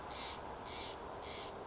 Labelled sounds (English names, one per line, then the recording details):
Steller's Jay
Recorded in Sonoma County, California